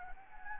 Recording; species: mosquito wingbeat signal from an infrared sensor; Anopheles gambiae